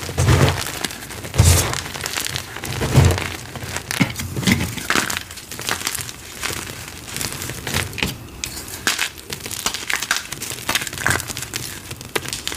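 Gym chalk shards crunch and crackle as a rolling pin crushes them, a dense run of small gritty cracks that never stops. Louder bursts land around the first, second, fourth and fifth seconds, and the crunching grows lighter and more scattered in the second half.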